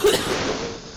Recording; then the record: coughing mixed with background sound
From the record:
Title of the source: 30 Chesty and wet cough